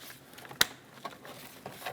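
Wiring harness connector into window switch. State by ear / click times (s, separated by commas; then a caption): seated / 0.6 s. A plastic wiring harness connector is pushed into the window switch of a 2001–2006 Chevrolet Silverado 2500 HD front door panel. It gives a sharp, bright click at 0.6 s, with fainter handling ticks around 0.5, 1.1 and 1.7 s. The connector is seated and locked in place.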